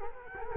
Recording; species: mosquito wingbeat signal from an infrared sensor; Culex quinquefasciatus